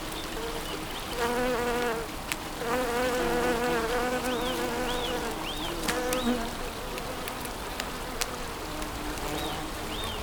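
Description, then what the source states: Bee drones with a long hum, while short arched bird chirps repeat in the background over a soft watery hiss. Bees in spring, with water.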